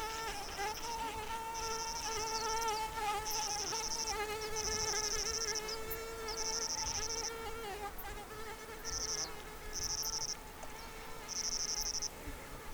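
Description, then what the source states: Insects buzzing in high, rasping bursts about a second long, repeated with short gaps, over a steady low droning hum with faint higher overtones. Early morning, 28 June 2006.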